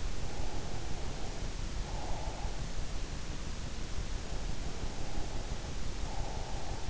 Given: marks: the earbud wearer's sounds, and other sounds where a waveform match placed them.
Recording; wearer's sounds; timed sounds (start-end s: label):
sounds in sleep by an in-ear microphone; breath
0.16-2.67 s: breath
5.06-6.90 s: breath